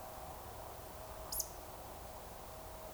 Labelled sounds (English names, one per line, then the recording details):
Eurasian Woodcock whistle
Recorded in Baden-Württemberg, Germany, on 15 June 2020 at 02:25 UTC
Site 43791, 788 m above sea level